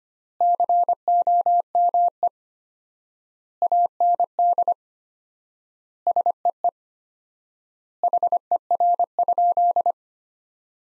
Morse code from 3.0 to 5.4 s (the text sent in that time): AND